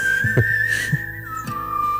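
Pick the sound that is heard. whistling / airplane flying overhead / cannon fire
whistling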